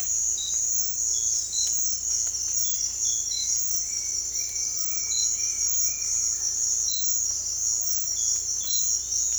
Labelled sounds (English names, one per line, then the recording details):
none
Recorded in dense forest near Puerto Asís, Putumayo, Colombia, on 16 December 2024 at 06:30
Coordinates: 0.466, -76.327
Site G075